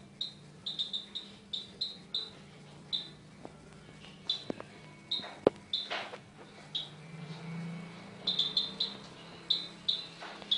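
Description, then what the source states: Sunbird: small bird twittering in quick high chips amid clicks, knocks and a background rumble. Mountain sunbird, champion songbird.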